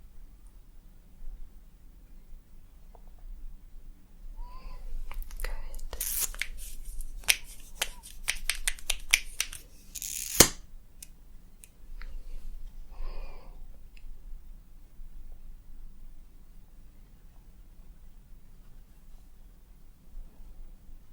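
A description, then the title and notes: Makeup roleplay with layered tapping: a dense run of sharp taps and clicks clusters between about five and eleven seconds, with a loud snap near ten seconds. Soft murmured vocal sounds appear around five and thirteen seconds over a low steady hum. ASMR Doing Your Makeup Roleplay up close personal attention, layered sounds + tapping.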